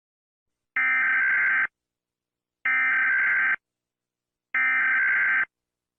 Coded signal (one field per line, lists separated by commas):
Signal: Emergency Alert System (SAME) tones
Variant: header bursts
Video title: Rating Emergency Alert Systems (Part 1)